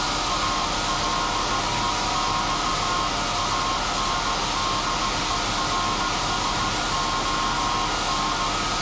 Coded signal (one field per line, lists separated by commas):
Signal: Morse code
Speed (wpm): 17 wpm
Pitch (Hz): 1070 Hz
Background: none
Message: ALEXANDERSON